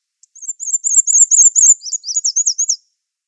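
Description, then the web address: Black-and-white warbler song, a thin high squeaky series of repeated two-note phrases, shifting to a slightly lower ending, with no other sounds. "Schulze Peter Black-and-white Warbler song"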